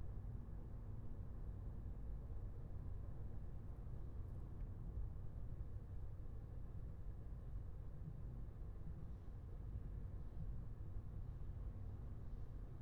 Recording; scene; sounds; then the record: everyday scene through a hearing-aid microphone; in a vehicle; engine, highway driving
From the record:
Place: Skoda Fabia, gasoline engine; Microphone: behind the ear, left, front